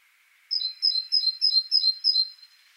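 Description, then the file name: Great tit calling with six clear, high-pitched double notes falling in pitch, delivered quickly and evenly in a brief burst. "Parus major"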